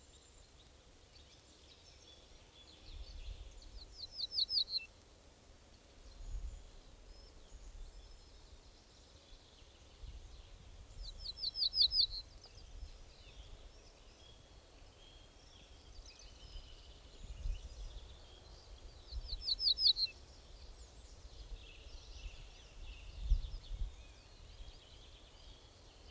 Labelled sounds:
Ortolan Bunting (Emberiza hortulana) song

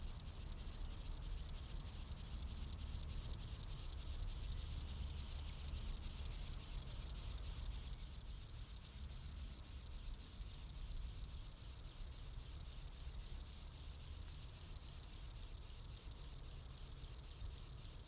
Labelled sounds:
Upland Field Grasshopper (Chorthippus apricarius) stridulation

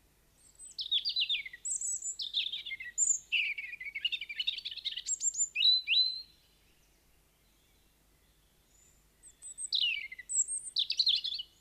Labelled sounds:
European Robin (Erithacus rubecula) song

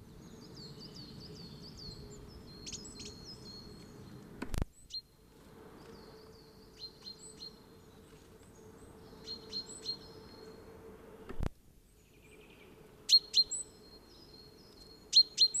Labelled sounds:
Great Tit (Parus major) song

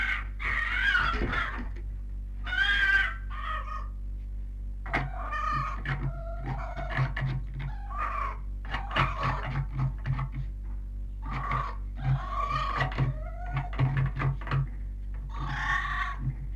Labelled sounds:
Red Fox (Vulpes vulpes)

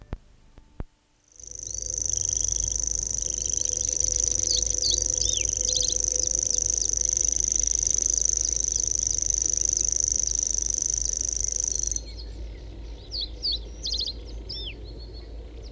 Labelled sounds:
Common Grasshopper Warbler (Locustella naevia) song

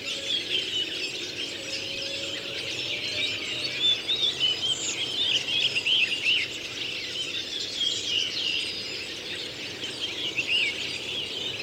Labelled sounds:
Redwing (Turdus iliacus) song

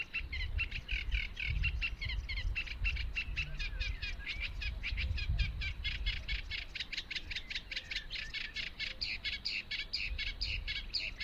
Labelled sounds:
Eurasian Reed Warbler (Acrocephalus scirpaceus) song

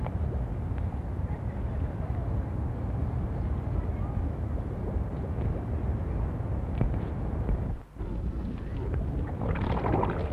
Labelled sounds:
Harbor Seal (Phoca vitulina)

